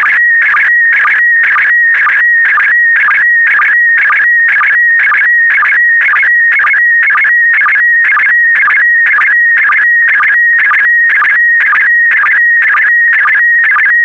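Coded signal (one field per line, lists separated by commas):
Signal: SSTV (slow-scan television)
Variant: PD120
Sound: warbling tone near 2 kHz with a regular twice-per-second chirping rhythm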